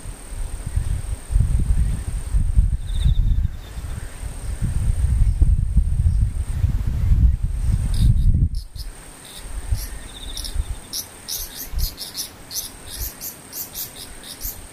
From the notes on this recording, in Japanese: ムシ